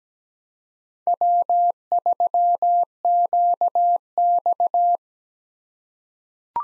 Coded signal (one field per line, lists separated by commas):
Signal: Morse code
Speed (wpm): 17 wpm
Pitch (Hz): 700 Hz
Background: none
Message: W3QX